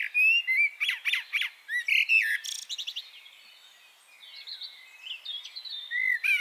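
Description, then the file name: Eurasian blackbird song: mellow fluted warbles and thin squeaky twittering, then quieter high chattering and a final louder phrase. "Turdus merula"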